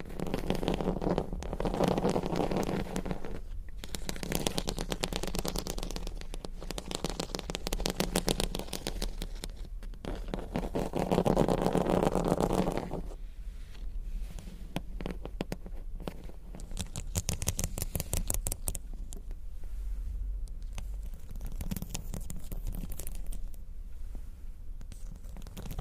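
Crystals and beads are tapped and scratched in a dense stream of tiny clicks and rattles. For the first thirteen seconds the clatter is thick and fuller in the low end; after that it thins into sparser, lighter ticks and brief scrapes.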